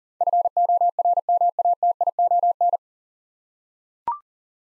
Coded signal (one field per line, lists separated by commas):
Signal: Morse code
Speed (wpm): 40 wpm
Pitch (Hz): 700 Hz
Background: none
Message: FORMATION